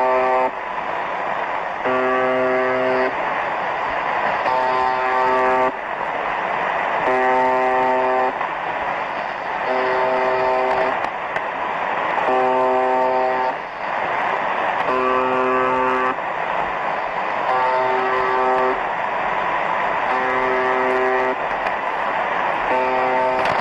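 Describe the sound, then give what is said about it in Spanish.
A shortwave buzzer station transmission: a harsh, harmonic buzz repeating roughly every two seconds, about ten bursts in all, over a steady hiss of radio static. No one speaks. “Entonces no hay que ser demasiado listos para deducir que estos zumbidos o estas emisoras de radio pues tienen la finalidad que todos sospechamos.”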